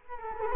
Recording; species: mosquito wingbeat signal from an infrared sensor; Culex quinquefasciatus